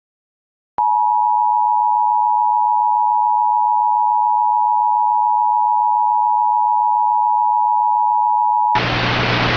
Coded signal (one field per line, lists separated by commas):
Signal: Emergency Alert System (SAME) tones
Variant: 853 and 960 Hz attention tone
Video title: EAS MOCK | Knox TN SVR (REUPLOADED)